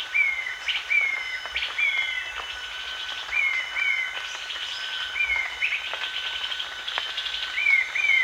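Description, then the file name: Short-tailed babbler calling with brief falling whistles, often in pairs, set against continuous high insect buzzing and scattered chips from other birds. Danum, 1 March 2008. "DANUM 20080301"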